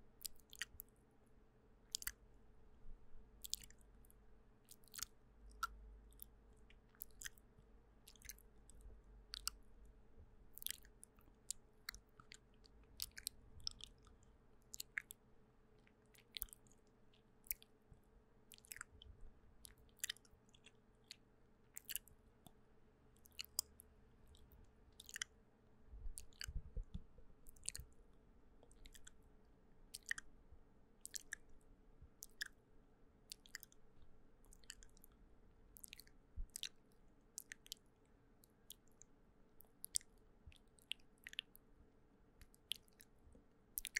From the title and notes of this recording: Relaxing hands sounds and hair brushing and mouth sounds for sleep (no talking).